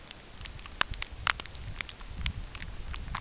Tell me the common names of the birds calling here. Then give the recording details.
none. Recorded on Arctic tundra, site UTQI-8, on 9 June 2019. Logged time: 16:00